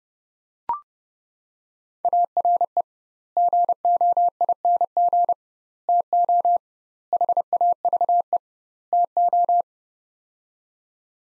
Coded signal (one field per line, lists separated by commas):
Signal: Morse code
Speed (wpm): 30 wpm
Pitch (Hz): 700 Hz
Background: none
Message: ARE GOING TO HAVE TO